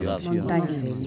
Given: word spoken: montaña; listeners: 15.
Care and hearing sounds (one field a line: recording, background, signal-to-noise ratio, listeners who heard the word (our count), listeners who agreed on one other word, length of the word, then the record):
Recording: one Spanish word in noise, from a listening test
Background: four-talker babble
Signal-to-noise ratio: -0.6 dB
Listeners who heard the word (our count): 0 of 15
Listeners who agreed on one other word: 8 of 15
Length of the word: 0.67 s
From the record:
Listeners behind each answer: 8, 3, 3, 1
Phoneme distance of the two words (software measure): 10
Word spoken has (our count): 3 syllables, 7 phonemes, stress on syllable 2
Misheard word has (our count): 3 syllables, 7 phonemes, stress on syllable 2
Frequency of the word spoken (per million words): 37.53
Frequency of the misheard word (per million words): 1.03